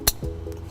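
On a 2016 Nissan Rogue, the driver-side trailer wiring T-connector is pushed into the vehicle's taillight harness plug, giving one sharp, bright click at 0.1 s that confirms the connection is secured and seated. After it, a steady low tonal hum continues, with a faint tick near 0.5 s.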